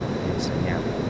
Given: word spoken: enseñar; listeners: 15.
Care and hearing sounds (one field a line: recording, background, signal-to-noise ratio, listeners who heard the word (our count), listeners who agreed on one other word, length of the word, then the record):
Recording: one Spanish word in noise, from a listening test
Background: speech-shaped noise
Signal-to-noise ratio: -4.5 dB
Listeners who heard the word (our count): 5 of 15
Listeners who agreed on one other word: 7 of 15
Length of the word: 0.70 s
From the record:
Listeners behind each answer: 7, 5, 1, 1, 1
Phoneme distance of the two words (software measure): 10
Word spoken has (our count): 3 syllables, 7 phonemes, stress on syllable 3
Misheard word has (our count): 3 syllables, 7 phonemes, stress on syllable 3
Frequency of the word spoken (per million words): 13.79